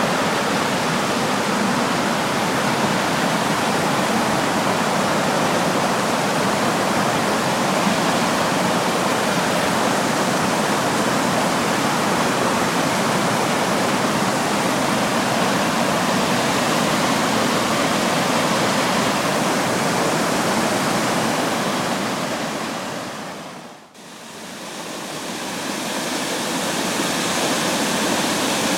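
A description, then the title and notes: Rushing water and wind make a dense, steady roar that fills the low and high range alike, like a waterfall or fast stream. Around 24 seconds the sound briefly dips almost to silence, then returns at full strength for the final seconds. Water, and Wind in April.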